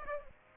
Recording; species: mosquito wingbeat signal from an infrared sensor; Aedes aegypti